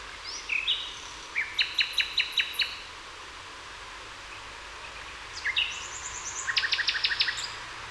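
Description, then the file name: Common nightingale singing two phrases: each opens with short whistles, then a rapid series of sharp, repeated notes, separated by a pause of quiet background hiss. "Luscinia megarhynchos"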